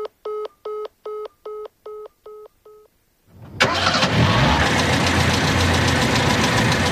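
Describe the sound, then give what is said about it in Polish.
Eight short, evenly spaced electronic dialing beeps, then a pause before the engine of an old 1985 Opel Kadett car cranks and catches, settling into a loud, steady rumbling idle until the end. “Marcin musiał dojechać autem. Dziadek bez żadnych ceregieli pożyczył mu swojego starego Opla Kadeta”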